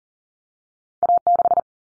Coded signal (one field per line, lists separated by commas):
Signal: Morse code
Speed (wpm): 40 wpm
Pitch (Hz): 700 Hz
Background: none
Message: A6